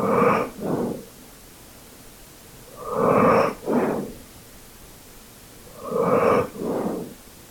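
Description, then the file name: Dog breathing steadily, three paired breaths spaced about three seconds apart, each a loud breath then a softer follow-up. "dog asmr"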